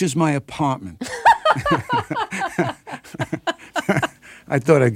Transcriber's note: laughter